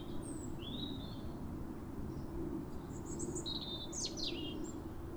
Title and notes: A pair of robins in neighbouring gardens welcome the early sun with wistful phrases